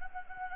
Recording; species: mosquito wingbeat signal from an infrared sensor; Anopheles gambiae